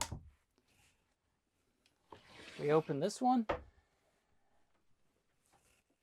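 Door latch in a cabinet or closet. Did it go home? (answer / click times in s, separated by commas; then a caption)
yes / 0.0 s. A cabinet or closet door latch in a 2026 Newmar New Aire closes and locks automatically into its catch with a sharp click at 0.0 s. Someone then talks.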